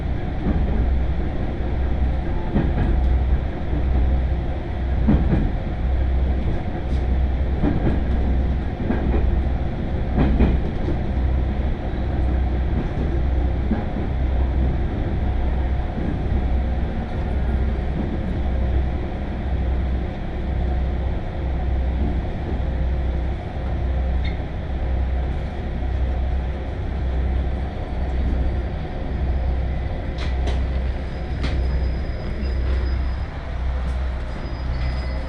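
A train ride on the Tokaido Main Line, with a steady low rumble and rolling hum filling the whole clip. Faint clicks and knocks of the wheels recur irregularly, and a thin high whine appears briefly near the end.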